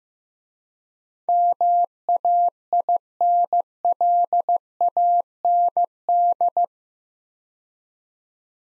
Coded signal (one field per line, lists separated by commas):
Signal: Morse code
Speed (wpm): 15 wpm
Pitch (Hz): 700 Hz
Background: none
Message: MAINLAND